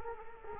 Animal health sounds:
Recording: mosquito wingbeat signal from an infrared sensor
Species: Culex quinquefasciatus

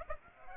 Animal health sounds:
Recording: mosquito wingbeat signal from an infrared sensor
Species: Aedes aegypti

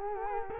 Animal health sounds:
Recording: mosquito wingbeat signal from an infrared sensor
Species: Culex quinquefasciatus

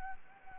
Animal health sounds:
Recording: mosquito wingbeat signal from an infrared sensor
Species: Anopheles gambiae

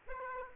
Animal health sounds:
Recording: mosquito wingbeat signal from an infrared sensor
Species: Aedes aegypti

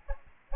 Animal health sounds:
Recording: mosquito wingbeat signal from an infrared sensor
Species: Aedes albopictus

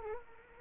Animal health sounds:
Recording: mosquito wingbeat signal from an infrared sensor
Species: Culex quinquefasciatus

